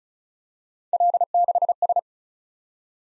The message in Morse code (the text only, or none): L6S